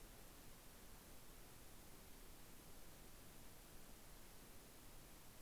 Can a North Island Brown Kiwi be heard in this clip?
no